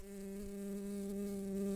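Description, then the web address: Brown-banded carder bee buzzing, a steady low drone with a strong overtone, held evenly throughout. Worker bees. "Humilis workers"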